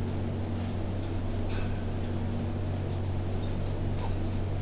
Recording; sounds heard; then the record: poultry house recording; healthy chickens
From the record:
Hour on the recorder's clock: 23